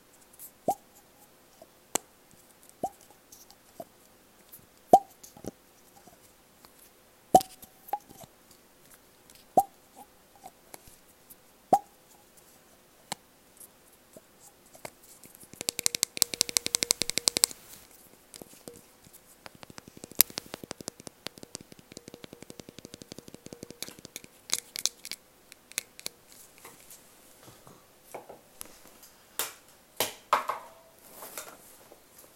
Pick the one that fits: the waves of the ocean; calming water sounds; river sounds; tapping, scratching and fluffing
tapping, scratching and fluffing